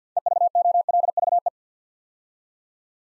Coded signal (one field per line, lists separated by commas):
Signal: Morse code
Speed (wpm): 50 wpm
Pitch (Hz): 700 Hz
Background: none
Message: EVOLVE